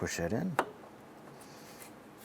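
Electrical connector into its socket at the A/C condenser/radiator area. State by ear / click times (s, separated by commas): not seated / none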